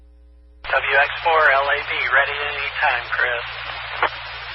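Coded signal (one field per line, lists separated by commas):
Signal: Emergency Alert System (SAME) tones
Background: speech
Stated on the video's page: Morse ident of a 145.230 MHz Skywarn repeater.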